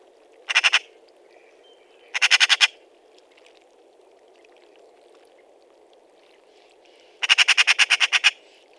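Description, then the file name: Eurasian magpie chattering: three harsh, rattling bursts of rapid repeated notes, the last longest with about ten clicks, separated by quiet gaps with faint steady background noise. "Pica pica"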